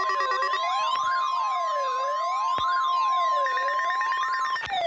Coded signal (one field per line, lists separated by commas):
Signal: Emergency Alert System (SAME) tones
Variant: 1050 Hz attention tone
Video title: Required Weekly Test EAS 38